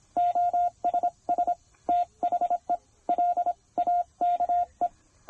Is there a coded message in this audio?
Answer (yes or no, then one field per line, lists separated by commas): yes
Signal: Morse code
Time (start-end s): 0.2-4.9 s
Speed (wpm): 23 wpm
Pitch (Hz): 690 Hz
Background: none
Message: OSS THE LAKE